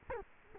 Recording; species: mosquito wingbeat signal from an infrared sensor; Culex quinquefasciatus